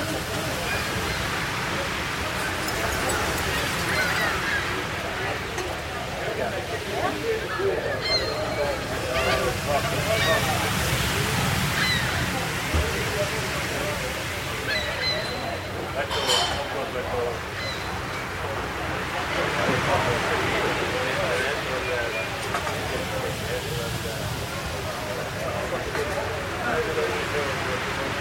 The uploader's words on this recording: Seaside Coffee Shop Ambience: Cafe & Ocean Waves Sounds. The sound of waves and gentle chatter.